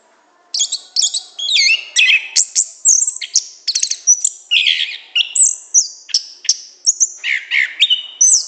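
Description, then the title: Orange-headed thrush song starting after half a second of quiet, then a lively flow of whistled slurs, chirps and brief rasping notes. Song in the gacor ngeplong style, continuous, open and full-voiced, described as excellent. "Anis Kembang Gacor Ngeplong Istimewa Suara Burung"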